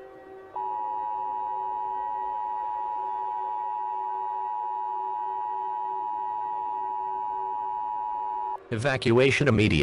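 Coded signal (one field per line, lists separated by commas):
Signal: Emergency Alert System (SAME) tones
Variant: 853 and 960 Hz attention tone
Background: speech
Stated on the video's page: Fictional EAS scenario, a simulated alert.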